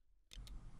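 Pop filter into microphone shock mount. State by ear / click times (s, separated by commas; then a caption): seated / 0.3 s. A magnetic pop filter is attached to the shock mount of a Lewitt LCT550 microphone, where small magnets pull it in and it clicks into place at 0.3 s. The sharp click is followed by a second, softer tick at 0.5 s over a low rumble. The pop filter ends up seated in the shock mount.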